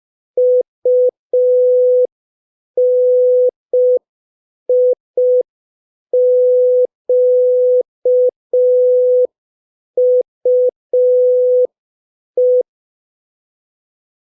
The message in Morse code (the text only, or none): UNIQUE